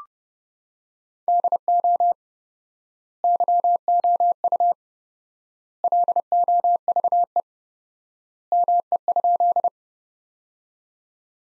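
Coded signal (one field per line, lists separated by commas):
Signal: Morse code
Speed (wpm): 29 wpm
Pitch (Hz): 700 Hz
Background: none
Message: DO YOU LOVE ME?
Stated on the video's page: Practice Morse at 30wpm, sentences from the top 400 words sent with 4x standard word spacing.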